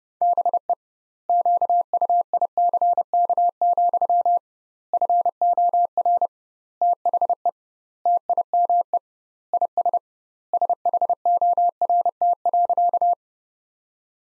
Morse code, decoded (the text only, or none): BE QUICK, FOR THE TIME IS SHORT.